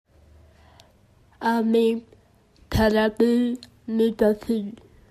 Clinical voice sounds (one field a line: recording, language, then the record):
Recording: elicited speech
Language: Bengali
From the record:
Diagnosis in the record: Broca's or global aphasia after a stroke